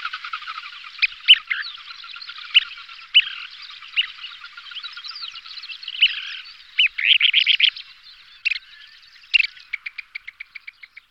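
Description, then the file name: Kentish plover calls: sharp short chirps scattered throughout, a quick rattling trill near the middle, and a fast run of ticking notes at the end. "kulík-mořský"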